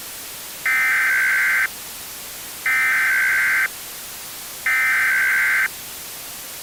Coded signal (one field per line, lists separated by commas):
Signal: Emergency Alert System (SAME) tones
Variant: header bursts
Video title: EAS scenario: the Blizzard part 1 (Thanksgiving 2017 EAS scenario)